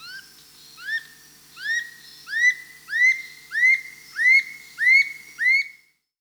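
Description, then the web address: Dull-capped attila whistling a series of about nine rising, slurred notes that grow louder and higher through the sequence, steady rhythm, faint low hum behind. Recorded in South America. "Natures Songs S America Dull-capped Attila"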